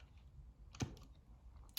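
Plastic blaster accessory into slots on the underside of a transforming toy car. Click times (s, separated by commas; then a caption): 1.8 s. A plastic Stinger blaster accessory has its two tabs pushed into two slots on the underside of a transforming toy car, the Transformers Movie Masterpiece MPM-03 Bumblebee in vehicle mode. Faint handling noise and small plastic taps are heard, with a louder tap near 0.8 s. The accessory clicks into place at 1.8 s.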